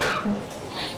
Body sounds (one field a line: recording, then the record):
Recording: coughing mixed with background sound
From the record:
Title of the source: Barking cough - # 10